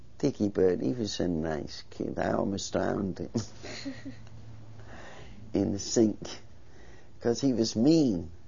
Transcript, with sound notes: Dicky Bird, he was a nice kid. I almost drowned him. (they laugh.) In the sink. Because he was mean.